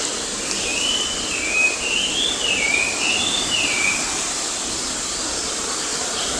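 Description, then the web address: Chinese hwamei song, a clear whistled warbling phrase rising and falling over about four seconds against steady background hiss. Recorded on 24 May 2016. "toridayorigazou 2016 20160524 gabicho"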